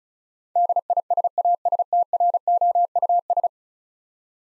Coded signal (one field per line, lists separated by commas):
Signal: Morse code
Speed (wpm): 36 wpm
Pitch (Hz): 700 Hz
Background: none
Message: DISASTROUS